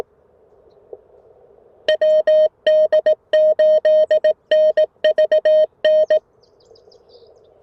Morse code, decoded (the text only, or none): WD8NVN